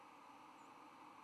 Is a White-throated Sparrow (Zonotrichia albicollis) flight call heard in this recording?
no